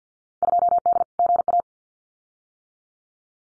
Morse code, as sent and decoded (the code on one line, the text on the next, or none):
..--- -.. / --. .-
2D GA